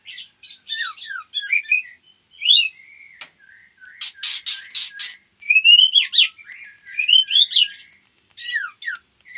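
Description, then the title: White-rumped shama giving a rich mix of fluty whistles, quick chattering notes and a loud harsh buzzing rattle midway, with short pauses between phrases. Female. "Murai batu betina"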